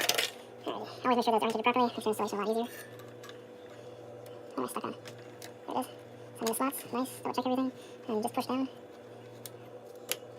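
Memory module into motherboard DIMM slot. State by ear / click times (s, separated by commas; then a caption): seated / 9.5 s, 10.1 s. The last RAM stick is lined up and pushed down into its motherboard memory slot while someone talks, with light handling clatter in between. Two sharp clicks at 9.5 s and 10.1 s mark both plastic retention clips closing, and the module is seated.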